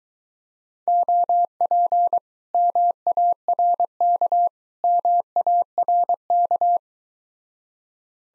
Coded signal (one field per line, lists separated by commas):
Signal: Morse code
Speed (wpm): 22 wpm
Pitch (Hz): 700 Hz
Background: none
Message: OP MARK MARK